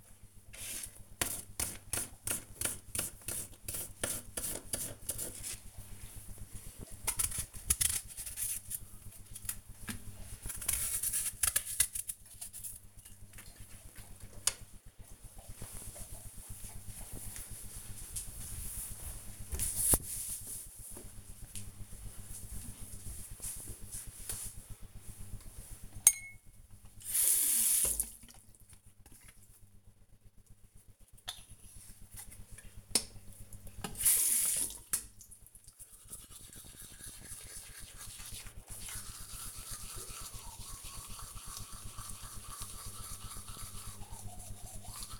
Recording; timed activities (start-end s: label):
household activities, microphone on the right wrist
0.00-13.26 s: cutting vegetables
25.36-45.19 s: brushing teeth